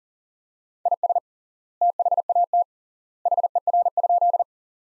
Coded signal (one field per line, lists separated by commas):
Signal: Morse code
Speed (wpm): 40 wpm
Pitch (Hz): 700 Hz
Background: none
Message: IS THAT HER?